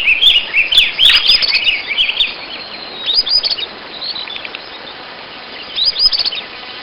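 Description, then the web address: Bird with a busy opening of rapid, sharp, high chirps, then quieter spaced bursts of quick clicking notes, separated by gaps of soft background hiss. "BIRD 2015 SABIOD 50 bird 2015"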